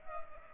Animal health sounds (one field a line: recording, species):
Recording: mosquito wingbeat signal from an infrared sensor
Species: Culex pipiens